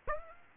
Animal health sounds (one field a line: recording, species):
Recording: mosquito wingbeat signal from an infrared sensor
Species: Aedes aegypti